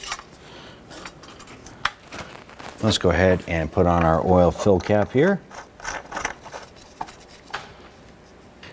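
On a 2008–2013 Honda Accord, the plastic-handled engine oil dipstick slides down into its tube and is pressed until the handle locks, with one sharp, loud snap at 1.9 s and a few softer clicks and rubbing sounds around it. Someone talks afterward. The dipstick is locked into place.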